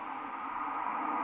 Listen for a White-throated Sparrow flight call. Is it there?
no